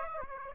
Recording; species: mosquito wingbeat signal from an infrared sensor; Aedes aegypti